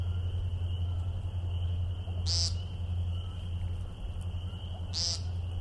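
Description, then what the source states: Woodcock giving two short nasal buzzy calls about two and a half seconds apart over a steady low rumble at dusk. Male giving meep call after his dive-bombing zigzag display flight, meaning roughly he will display again; at dusk as it grew darker.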